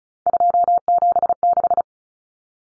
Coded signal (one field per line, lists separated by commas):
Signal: Morse code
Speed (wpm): 34 wpm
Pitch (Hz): 700 Hz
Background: none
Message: 276